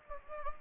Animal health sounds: mosquito wingbeat signal from an infrared sensor; Anopheles gambiae

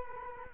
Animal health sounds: mosquito wingbeat signal from an infrared sensor; Culex quinquefasciatus

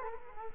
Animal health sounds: mosquito wingbeat signal from an infrared sensor; Culex quinquefasciatus

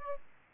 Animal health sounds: mosquito wingbeat signal from an infrared sensor; Aedes albopictus

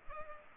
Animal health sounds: mosquito wingbeat signal from an infrared sensor; Culex pipiens

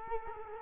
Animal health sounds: mosquito wingbeat signal from an infrared sensor; Culex quinquefasciatus

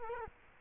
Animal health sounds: mosquito wingbeat signal from an infrared sensor; Culex quinquefasciatus

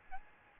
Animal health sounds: mosquito wingbeat signal from an infrared sensor; Aedes albopictus

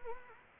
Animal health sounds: mosquito wingbeat signal from an infrared sensor; Anopheles gambiae

